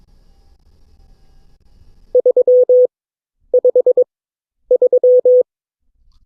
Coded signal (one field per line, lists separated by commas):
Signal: Morse code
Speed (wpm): 22 wpm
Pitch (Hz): 500 Hz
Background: none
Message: 353